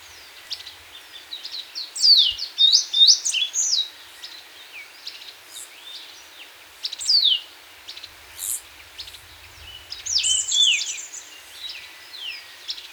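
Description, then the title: Black-crested warbler song: bursts of high, sharp sweeping notes and slurred whistles, with brief pauses between phrases. "Myiothlypis Nigrocristata"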